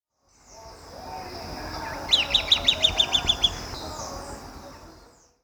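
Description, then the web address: Red-billed tyrannulet giving a short series of about nine high, evenly spaced piping notes, slightly descending, over a soft background hiss. Bird of Ecuador, South America. "Birds of Ecuador 3-06 Red-Billed Tyrannulet"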